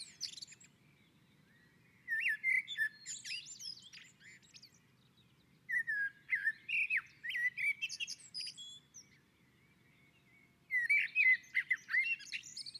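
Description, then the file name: Common blackbird singing rich whistled phrases that break into thin squeaky twittering, several phrases separated by short pauses, with a soft steady background rumble. Blackbird on a roof. "Koltrast på taket"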